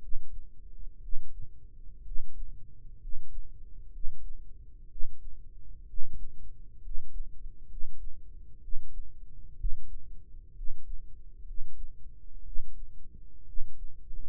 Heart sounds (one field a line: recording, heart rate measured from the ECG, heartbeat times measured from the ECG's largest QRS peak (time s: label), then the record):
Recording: heart sounds by microphone in the right ear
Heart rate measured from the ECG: 63 bpm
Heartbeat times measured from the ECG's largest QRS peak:
0.98 s: heartbeat
2.00 s: heartbeat
2.96 s: heartbeat
3.88 s: heartbeat
4.85 s: heartbeat
5.83 s: heartbeat
6.78 s: heartbeat
7.64 s: heartbeat
8.57 s: heartbeat
9.54 s: heartbeat
10.51 s: heartbeat
11.41 s: heartbeat
12.40 s: heartbeat
13.42 s: heartbeat
From the record:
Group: healthy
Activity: rest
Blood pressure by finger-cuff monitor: 101/56 mmHg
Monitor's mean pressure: 67 mmHg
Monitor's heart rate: 63 bpm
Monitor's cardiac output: 6.8 L/min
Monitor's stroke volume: 109 mL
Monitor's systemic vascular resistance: 690 dyn s/cm5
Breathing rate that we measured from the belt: 15 breaths a minute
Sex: male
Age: 22 years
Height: 185 cm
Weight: 112.4 kg